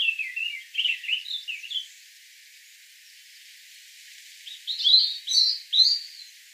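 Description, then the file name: European robin song: two bursts of high, thin warbling phrases with quick twittering notes, separated by a silent pause. "Erithacus rubecula"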